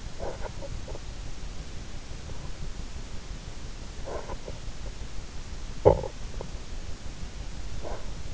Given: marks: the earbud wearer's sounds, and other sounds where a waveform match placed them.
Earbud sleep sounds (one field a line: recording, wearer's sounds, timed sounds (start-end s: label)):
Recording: sounds in sleep by an in-ear microphone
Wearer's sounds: snoring breath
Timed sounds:
0.00-1.15 s: snoring breath
3.85-5.00 s: snoring breath
5.59-6.63 s: snoring breath
7.63-8.15 s: snoring breath